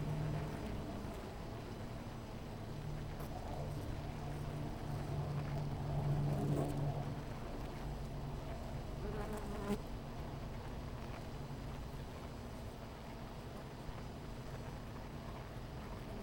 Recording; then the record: honeybee colony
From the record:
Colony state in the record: missing queen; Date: 14 July 2017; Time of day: 10:26